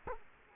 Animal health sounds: mosquito wingbeat signal from an infrared sensor; Culex quinquefasciatus

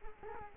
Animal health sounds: mosquito wingbeat signal from an infrared sensor; Culex quinquefasciatus

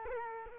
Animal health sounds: mosquito wingbeat signal from an infrared sensor; Culex quinquefasciatus

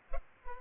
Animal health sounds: mosquito wingbeat signal from an infrared sensor; Culex pipiens

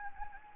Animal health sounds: mosquito wingbeat signal from an infrared sensor; Anopheles gambiae

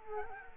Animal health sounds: mosquito wingbeat signal from an infrared sensor; Culex quinquefasciatus

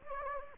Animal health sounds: mosquito wingbeat signal from an infrared sensor; Anopheles gambiae

